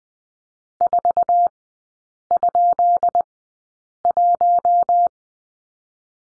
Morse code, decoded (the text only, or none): 4?1